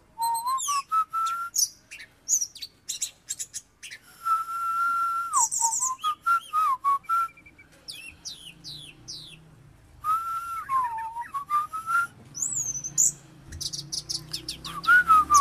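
Oriental magpie-robin singing loud, rich varied phrases: sustained clear whistles mixed with fast chattering and sweeping high notes.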